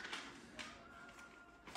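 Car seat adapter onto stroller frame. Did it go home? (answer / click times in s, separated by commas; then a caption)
no / none. Upper car seat adapters for an Uppababy Vista V2 stroller are pushed onto the stroller frame mounts, with only faint, soft contact sounds around 0.6 s and 1.8 s. Nothing has seated or clicked yet; the adapter did not snap into place.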